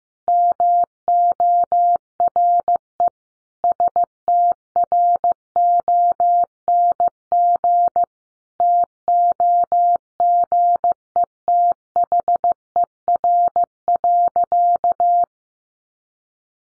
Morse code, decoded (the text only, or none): MORE STRONG TOGETHER.